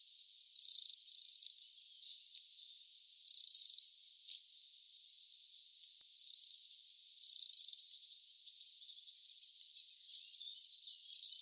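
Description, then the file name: Eurasian wren producing repeated high, grating rattles, longer buzzes alternating with brief ticks at uneven intervals throughout. "Troglodytes troglodytes"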